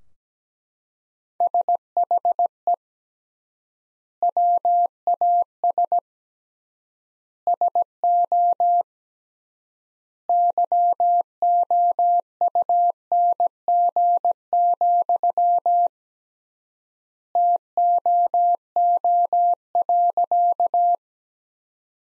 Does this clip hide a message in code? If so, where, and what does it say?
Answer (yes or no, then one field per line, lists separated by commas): yes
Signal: Morse code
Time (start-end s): 1.4-20.9 s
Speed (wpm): 17 wpm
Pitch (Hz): 700 Hz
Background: none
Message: SHE WAS SO YOUNG, TOO.